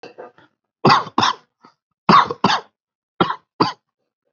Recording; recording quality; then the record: heavy voluntary cough; excellent, no background noise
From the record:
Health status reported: healthy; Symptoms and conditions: fever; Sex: male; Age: 40 years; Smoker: not ticked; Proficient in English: yes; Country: India